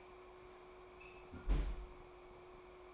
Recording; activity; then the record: daily activity, microphone in the room; close fridge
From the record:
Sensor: 1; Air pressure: 1004.6 hPa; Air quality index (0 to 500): 194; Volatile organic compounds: 17 ppm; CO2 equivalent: 2575 ppm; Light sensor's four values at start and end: 4/10/4/4 and 4/10/4/4